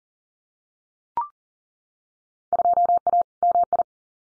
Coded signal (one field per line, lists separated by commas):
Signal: Morse code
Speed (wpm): 41 wpm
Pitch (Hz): 700 Hz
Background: none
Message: 2A MI